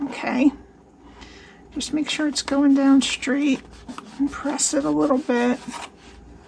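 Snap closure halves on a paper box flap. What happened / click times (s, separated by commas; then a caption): The closure is being lined up and pressed but has not clicked yet / none. Someone talks while lining up the two halves of an adhesive-backed snap or magnetic closure on the flap of a paper treat box, keeping it going down straight and pressing it a little. Nothing has clicked together or seated yet.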